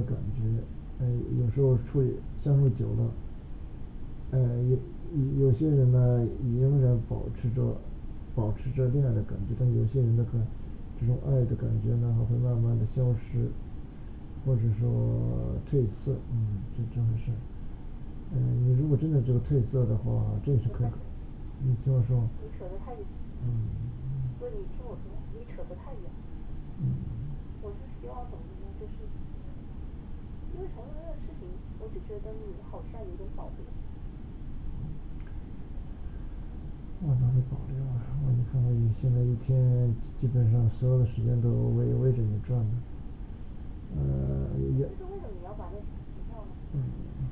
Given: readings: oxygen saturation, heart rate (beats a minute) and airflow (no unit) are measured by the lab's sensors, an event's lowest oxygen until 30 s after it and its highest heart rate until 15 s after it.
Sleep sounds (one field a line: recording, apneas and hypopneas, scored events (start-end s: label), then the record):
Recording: a person awake in a sleep study, by a smartphone at the bedside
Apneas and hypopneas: none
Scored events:
0.00-47.32 s: awake
From the record:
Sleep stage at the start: awake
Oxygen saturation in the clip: 95 to 96%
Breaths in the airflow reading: 10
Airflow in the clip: -5.2 to 6.2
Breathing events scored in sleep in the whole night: 216 in 7.0 hours asleep